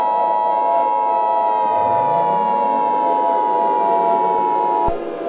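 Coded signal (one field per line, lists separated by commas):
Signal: Emergency Alert System (SAME) tones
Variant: 853 and 960 Hz attention tone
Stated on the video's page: Fictional, made-up EAS scenario.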